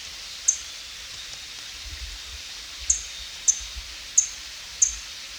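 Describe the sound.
White-headed brush finch call notes: sharp, very high chips, spaced irregularly, five short notes over faint background hiss.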